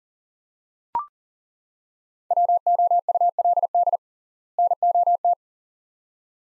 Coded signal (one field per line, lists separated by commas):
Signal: Morse code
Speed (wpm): 39 wpm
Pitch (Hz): 700 Hz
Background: none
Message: WOULD NOT